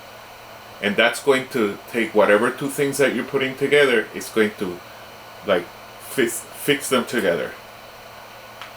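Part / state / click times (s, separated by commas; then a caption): blind rivet set by a hand riveter into parts being joined / seated / 8.6 s. Someone talks while an Arrow RT200MKIT headless one-handed hand riveter is squeezed hard on a blind rivet joining two parts, the rivet widening as it sets. At 8.6 s a short, sharp click is heard as the mandrel snaps off, the tool cutting off the excess of the rivet, and the rivet is set.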